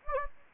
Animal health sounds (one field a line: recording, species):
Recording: mosquito wingbeat signal from an infrared sensor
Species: Anopheles gambiae